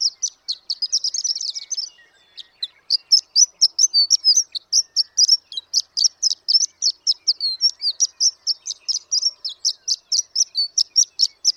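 Horned lark song: a long run of high, tinkling notes, briefly blurred together near the start, a short gap, then steady sharp chips repeated several times a second.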